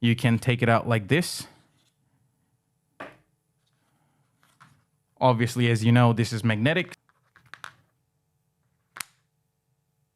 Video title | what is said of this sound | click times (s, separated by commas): APPLE AIRPODS MAX UNBOXING (BLACK) | you hear that snap that's pretty amazing | 9.0 s